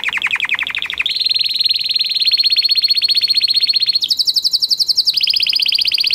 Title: Kenari Portugis